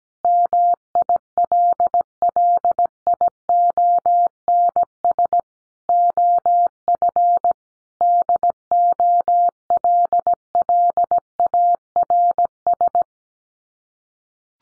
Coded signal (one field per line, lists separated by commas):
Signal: Morse code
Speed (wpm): 17 wpm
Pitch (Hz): 700 Hz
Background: none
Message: MILLIONS OF DOLLARS